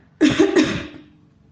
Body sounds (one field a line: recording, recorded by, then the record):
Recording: voluntary cough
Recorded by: messaging app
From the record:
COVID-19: negative